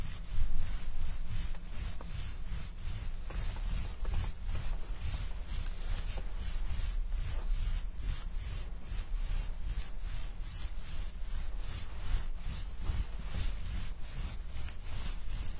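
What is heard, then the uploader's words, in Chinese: Hair is washed with a scalp massage, heard as constant scrubbing and rubbing in quick, fairly regular strokes, a few every second, each a crisp swishing rasp. A steady low hum runs underneath, and the level holds even throughout. 沉浸式洗头体验 & 头皮按摩。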